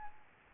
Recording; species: mosquito wingbeat signal from an infrared sensor; Aedes albopictus